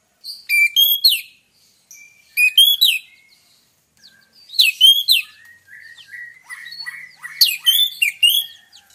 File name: pancingan suara burung anis merah agar rajin bunyi